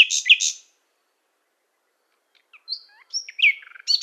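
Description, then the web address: Common Nightingale song fragments: a short harsh burst, a long silence, then varied whistles, sweeping notes and a quick rattling trill. "Schulze Peter Common Nightingale song"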